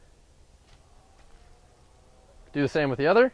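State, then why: Not seated. A ski boot toe is being handled toward a cross-country ski binding for the second ski, and nothing has seated or clicked yet. A faint low hum fills the first 2.5 seconds, then someone talks until the end.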